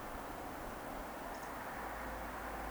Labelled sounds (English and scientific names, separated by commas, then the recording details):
Eurasian Woodcock (Scolopax rusticola) whistle
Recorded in Baden-Württemberg, Germany, on 30 May 2021 at 20:14 UTC
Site 43323, 910 m above sea level